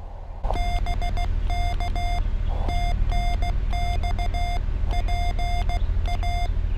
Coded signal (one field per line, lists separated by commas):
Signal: Morse code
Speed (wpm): 16 wpm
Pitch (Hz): 2100 Hz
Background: none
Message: BK TNX PA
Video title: CW POTA CRAB at Biscayne National Park